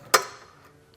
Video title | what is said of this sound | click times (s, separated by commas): Installing the Stealth Hitches Hidden Trailer Hitch Receiver with Towing Kit on a 2022 Lexus RX 350 | hear it click. That means it's locked open and just | 0.1 s